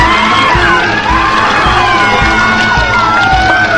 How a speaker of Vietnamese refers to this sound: Một con rắn nước thân to bằng ngón tay cái chùi nhanh khỏi tay cô, trườn vào ao nước mà mọi người đang đứng. Mọi người thi nhau hét inh ỏi.